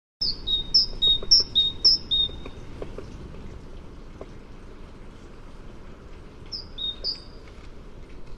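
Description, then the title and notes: Great tit singing a bright two-note phrase, high then lower, four times in a row, falling silent for a few seconds, then giving two more phrases. "Kjøttmeis by forskningno"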